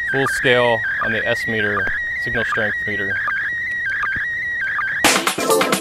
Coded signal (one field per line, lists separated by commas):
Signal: SSTV (slow-scan television)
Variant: PD 180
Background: speech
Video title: ISS SSTV April 2016 Video #1 - Monday Failure and Tuesday Success